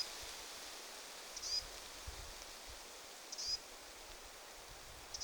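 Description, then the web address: Lesser whitethroat young bird uttering brief high, upward-flicked notes roughly every two seconds, with a quiet hissing background. Young bird, a chick, possibly giving attention-seeking calls; recorded 20 July 2026. "paivat 20 7 2026 tietaakseni hernekertun poikasen ehka huomioaantelya"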